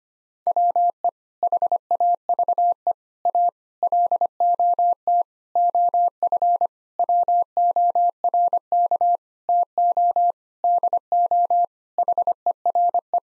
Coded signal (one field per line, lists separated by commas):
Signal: Morse code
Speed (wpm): 25 wpm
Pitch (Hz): 700 Hz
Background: none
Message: WE HAVE A LOT OF WORK TO DO HERE